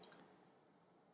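A threaded pipe fitting wrapped in Teflon tape is turned backwards, counterclockwise, against its mating threaded pipe joint until the thread start drops into place. A faint, short, high click sounds at 0.04 s, followed by a weaker tick and then a low, steady background hiss. The threads are engaged, so the joint can be made up without cross threading.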